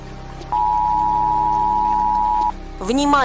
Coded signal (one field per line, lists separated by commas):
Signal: Emergency Alert System (SAME) tones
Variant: 853 and 960 Hz attention tone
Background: speech, music